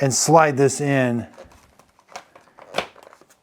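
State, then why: Not seated. Someone talks while lining up the rod (wand) of a Dyson Ball Animal 3 upright vacuum cleaner with its handle piece and sliding it in. Short handling knocks and rustles follow from about 2.2 to 3.1 s, the sharpest near 2.8 s. Nothing has seated or clicked yet.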